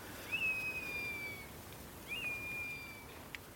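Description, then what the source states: Common Buzzard mewing calls: two drawn-out, high, slightly falling mews about two seconds apart, with a quiet, still background. Two buzzards right next to the speakers on Mull, Scotland, on a very quiet day.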